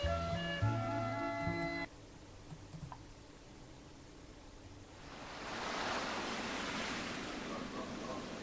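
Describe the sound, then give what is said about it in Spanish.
A brief musical passage cuts off, leaving a steady hiss of ocean surf that swells into a louder, broad rushing wave for the final few seconds. “Las olas renuevan sus recuerdos en cada segundo y una ventana nos obliga a mirar con la nostalgia de la memoria.”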